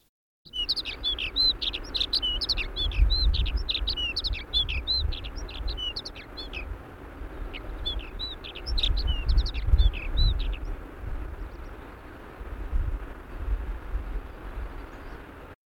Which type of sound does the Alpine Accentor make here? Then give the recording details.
song. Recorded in the wild. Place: Sapareva Banya, Rila-Gebirge, Sofia, BG. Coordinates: 42.29, 23.269. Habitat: Montains. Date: 1974-05-20. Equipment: Nagra III BH, Sennheiser MD 21, parabola. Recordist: Schubert, Michael. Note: Alpenbraunelle, voller Gesang